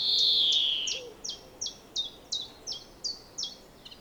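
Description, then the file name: European greenfinch giving a drawn-out nasal wheeze falling in pitch, followed by a regular series of sharp high chirps roughly every third of a second. "Chloris chloris"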